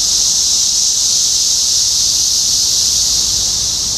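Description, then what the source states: Steady high-pitched cicada buzzing from many insects, an unbroken hiss that fades very slightly at the end. Cicadas in Topeka, Kansas, USA, on 14 June 2015.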